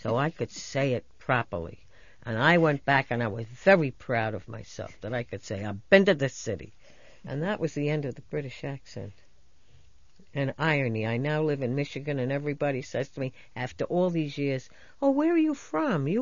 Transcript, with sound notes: So I could say it properly. And I went back, and I was very proud of myself that I could say, ( she demonstrates a New York accent ) "I been to the city." And that was the end of the British accent. And irony, I now live in Michigan, and everybody says to me, after all these years, "Oh, where are you from?